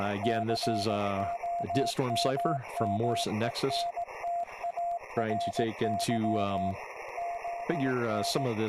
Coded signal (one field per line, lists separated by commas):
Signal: Morse code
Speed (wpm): 18 wpm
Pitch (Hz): 690 Hz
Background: speech, radio noise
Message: COMMENTARY ON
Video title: 5/11/26 Live WV3V - FTDX-10, HF, VHF, CW , FT8, ADS-B